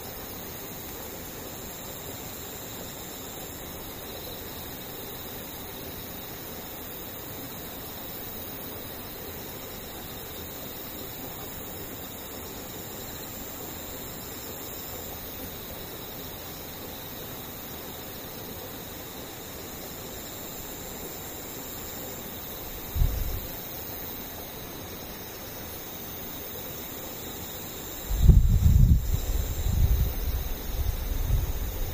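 Insects and cicadas keep up a thin, steady, high-pitched drone, with several continuous bright tones layered over a faint hiss. A soft low thump comes near 23 seconds, and from about 28 seconds on, louder rumbling bumps break in until the end.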